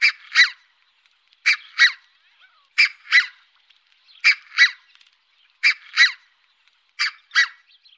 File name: Rodhalsad gas